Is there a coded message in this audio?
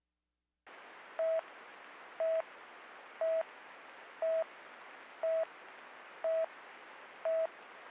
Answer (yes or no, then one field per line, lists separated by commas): no